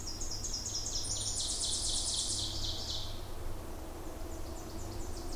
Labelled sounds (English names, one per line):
Ovenbird song